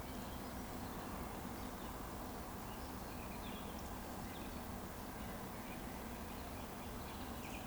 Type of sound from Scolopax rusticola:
whistle